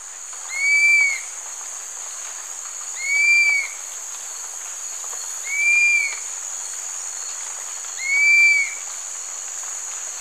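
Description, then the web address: Dusky-capped flycatcher whistles: a plaintive, slurred note arching up and falling away, repeated four times about every two and a half seconds over a steady high insect hiss. Ecuador. "Birds of Ecuador. Dusky-capped Flycatcher"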